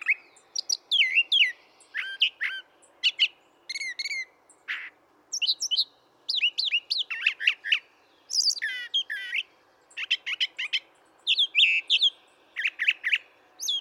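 Brown thrasher giving a long run of varied phrases, sharp chips, whistled slurs and raspy notes, many phrases doubled, with steady rhythm and short pauses.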